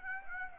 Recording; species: mosquito wingbeat signal from an infrared sensor; Aedes aegypti